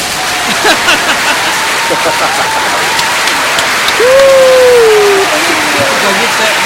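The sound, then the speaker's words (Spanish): A canned soundboard applause effect, called Velociraptor applause: steady, dense clapping throughout, with a shrill screeching creature cry that slides downward in pitch partway through, riding over the clapping. “Es que son aplausos de Velociraptor.”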